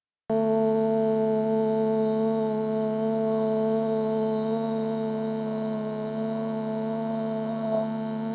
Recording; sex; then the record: sustained vowel /o/; female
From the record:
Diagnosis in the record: healthy control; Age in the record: 62 years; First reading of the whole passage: 101 s, 4.7 characters per second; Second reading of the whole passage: 77 s, 5.9 characters per second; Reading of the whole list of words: 66 s, 3.9 characters per second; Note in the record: marked for poor recording quality or reading difficulty